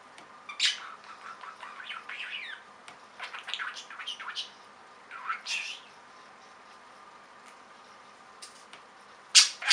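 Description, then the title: Budgerigar produces soft chattering and rising chirps with clicks, then a pause, ending with sharp squawks. "Budgie Sounds"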